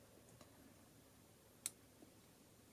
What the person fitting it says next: And make sure you hear that click, because if you hear the click of the jump ring, then you know that the jump ring is closed.